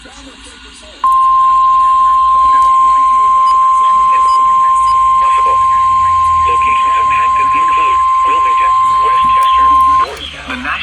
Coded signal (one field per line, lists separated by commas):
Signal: Emergency Alert System (SAME) tones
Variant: 1050 Hz attention tone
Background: speech